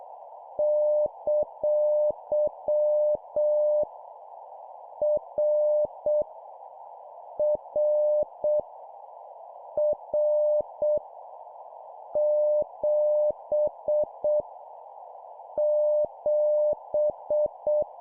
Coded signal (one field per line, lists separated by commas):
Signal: Morse code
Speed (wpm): 7 wpm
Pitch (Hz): 600 Hz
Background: none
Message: ! R R R 7 7